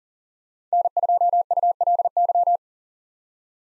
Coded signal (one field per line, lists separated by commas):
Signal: Morse code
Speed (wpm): 40 wpm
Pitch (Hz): 700 Hz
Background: none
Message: N2ULY